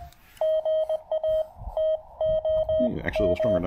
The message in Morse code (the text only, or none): GA TOM